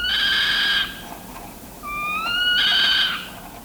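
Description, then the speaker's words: Northern Saw-whet Owl meow call: a high, strained, nasal wail held for almost a second, then after a pause a rising whistle sliding into a second harsh wail. Meow given when agitated or threatened; uncanny and high-pitched. "When agitated or threatened, the saw-whet gives what ornithologists describe as a decidedly uncanny, high-pitched meow."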